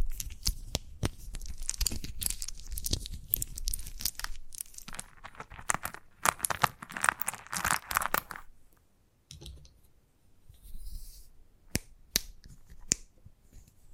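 Chalk scraping and tapping: for the first eight seconds, dense, rough scratching with sharp clicks mixed in, bright and gritty, heaviest around six to eight seconds. It then thins out to a near-quiet stretch with a few isolated sharp taps and short scrapes near ten, twelve and thirteen seconds.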